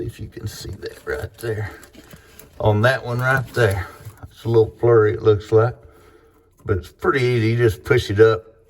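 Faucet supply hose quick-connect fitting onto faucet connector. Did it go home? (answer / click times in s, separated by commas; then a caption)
no / none. Someone talks while handling a Glacier Bay faucet's plastic quick-connect supply hose fitting under the sink, getting ready to push it up onto the faucet connector. Nothing has seated or clicked yet.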